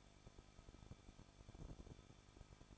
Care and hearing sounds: daily activity, microphone in the room; no activity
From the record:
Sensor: 5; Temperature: 20.8 degrees Celsius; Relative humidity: 38.6%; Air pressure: 1006.5 hPa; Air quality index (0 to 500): 191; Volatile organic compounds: 20 ppm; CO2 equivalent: 2704 ppm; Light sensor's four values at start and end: 2/3/1/1 and 2/3/1/1

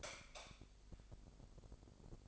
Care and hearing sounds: daily activity, microphone in the room; light off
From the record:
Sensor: 5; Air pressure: 995.4 hPa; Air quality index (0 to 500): 92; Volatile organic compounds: 5 ppm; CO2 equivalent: 1730 ppm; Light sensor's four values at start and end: 36/87/35/35 and 35/81/33/33

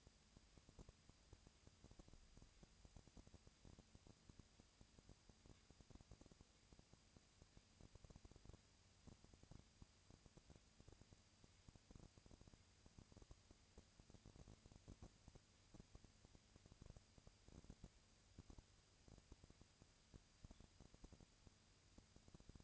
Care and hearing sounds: daily activity, microphone in the room; no activity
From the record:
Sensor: 2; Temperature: 20.3 degrees Celsius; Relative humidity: 37.0%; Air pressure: 998.7 hPa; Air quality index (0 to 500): 236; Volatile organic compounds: 38 ppm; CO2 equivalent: 3116 ppm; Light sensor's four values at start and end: 2/3/2/2 and 2/3/2/2

